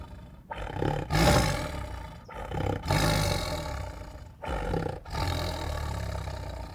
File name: White Tiger Angrily Growls, Snores and Roars [Sound Ideas]